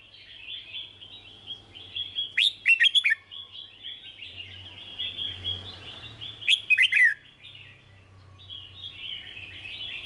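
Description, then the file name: Red-whiskered bulbul song: continuous soft chirping warble with two loud clusters of bubbling, slurred notes about four seconds apart, over a low hum. Song described as 'hót chè'. "Tieng chao mao hot che"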